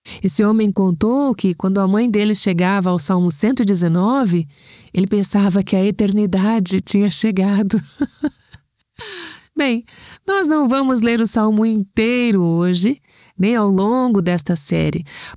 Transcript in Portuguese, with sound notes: Esse homem contou que, quando a mãe dele chegava ao Salmo 119, ele pensava que a eternidade tinha chegado! (risos) Bem, nós não vamos ler o salmo inteiro hoje nem ao longo desta série.